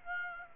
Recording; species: mosquito wingbeat signal from an infrared sensor; Aedes aegypti